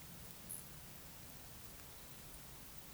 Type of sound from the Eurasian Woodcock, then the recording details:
croak. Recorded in Baden-Württemberg, Germany, on 11 June 2021 at 20:08 UTC. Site 24606, 635 m above sea level